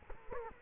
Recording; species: mosquito wingbeat signal from an infrared sensor; Culex quinquefasciatus